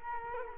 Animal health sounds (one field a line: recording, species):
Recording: mosquito wingbeat signal from an infrared sensor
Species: Culex quinquefasciatus